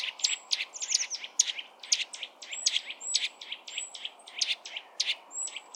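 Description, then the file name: Eurasian nuthatch calls: sharp, clipped notes repeated several times a second, with thin high whistled slurs in between, over faint background hiss. "Sitta europaea"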